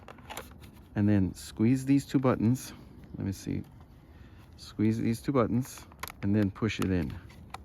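Someone talks while squeezing the two release buttons on the plastic battery plug and starting to push it into the power connector of a Bell OH-58 RC helicopter. Faint handling ticks are heard under the speech. The clip ends before the connector goes home, so nothing has seated or clicked yet.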